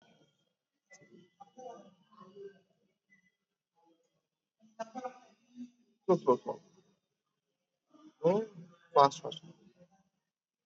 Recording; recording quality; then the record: shallow breathing; poor, much background noise or distortion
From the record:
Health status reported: COVID-19 positive, mild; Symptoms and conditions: cough, cold, breathing difficulty, fever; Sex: male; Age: 27 years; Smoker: not ticked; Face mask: not worn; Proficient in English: yes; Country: India